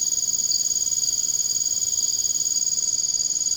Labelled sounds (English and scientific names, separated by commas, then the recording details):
none
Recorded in secondary vegetation near Puerto Asís, Putumayo, Colombia, on 21 March 2025 at 01:00
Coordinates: 0.488, -76.319
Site G095